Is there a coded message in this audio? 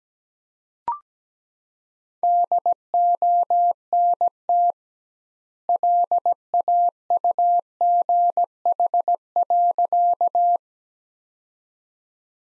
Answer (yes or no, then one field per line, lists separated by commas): yes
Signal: Morse code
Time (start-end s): 2.2-10.6 s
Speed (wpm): 17 wpm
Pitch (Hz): 700 Hz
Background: none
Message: DONT LAUGH.